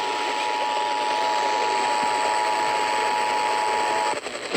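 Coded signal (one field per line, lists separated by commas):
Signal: Emergency Alert System (SAME) tones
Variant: 853 and 960 Hz attention tone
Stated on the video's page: Severe thunderstorm warning EAS tones aired on a radio station.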